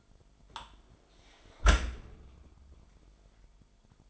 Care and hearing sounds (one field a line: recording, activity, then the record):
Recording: daily activity, microphone in the room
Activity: close dishwasher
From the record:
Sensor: 5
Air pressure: 998.4 hPa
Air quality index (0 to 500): 82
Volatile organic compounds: 1 ppm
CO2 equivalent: 933 ppm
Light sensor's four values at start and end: 21/49/20/23 and 21/49/20/23